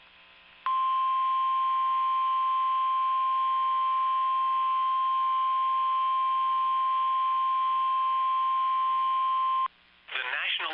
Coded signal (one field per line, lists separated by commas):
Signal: Emergency Alert System (SAME) tones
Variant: 1050 Hz attention tone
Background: speech